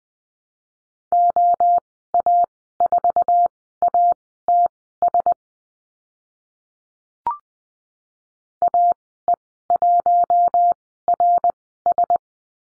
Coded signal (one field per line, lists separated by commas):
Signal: Morse code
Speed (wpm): 20 wpm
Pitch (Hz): 700 Hz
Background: none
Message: OA4ATS AE1RS